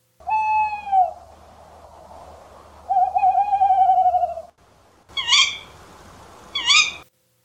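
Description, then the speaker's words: Tawny Owl calls: a long falling hoot, then a wavering quavering hoot, followed by two sharp chirping notes. Male hoot answered by the female's chirping sound. "This is what the male and female tawny owl sound like."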